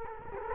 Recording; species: mosquito wingbeat signal from an infrared sensor; Culex quinquefasciatus